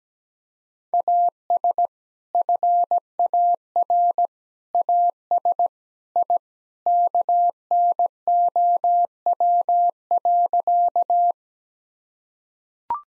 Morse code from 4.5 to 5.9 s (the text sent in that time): AS